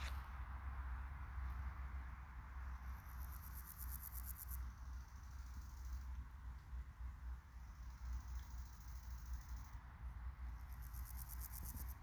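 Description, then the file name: Meadow grasshopper song: two brief, buzzy, finely pulsed high-pitched bursts separated by a long pause, over a steady low rumble. Recorded on 16 August 2023. "2023 08 16 parallelus"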